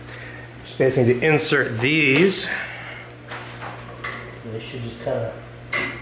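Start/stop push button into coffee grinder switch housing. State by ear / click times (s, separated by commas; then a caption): seated / 5.7 s. Stacked start and stop push buttons are pressed into the switch housing of a Grindmaster 875 coffee grinder while someone talks over a steady low hum. A sharp click at 5.7 s marks the push button snapping into the housing, fully seated.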